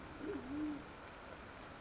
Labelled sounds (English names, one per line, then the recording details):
Band-tailed Pigeon
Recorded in Sonoma County, California